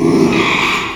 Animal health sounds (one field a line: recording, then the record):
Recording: squeal of a Yucatan mini pig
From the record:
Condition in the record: after surgery on the right vocal fold (resection and tissue-engineered implant)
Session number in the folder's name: 1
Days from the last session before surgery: 6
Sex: male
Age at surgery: 12 weeks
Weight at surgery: 13 kg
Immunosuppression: cyclosporine, prednisolone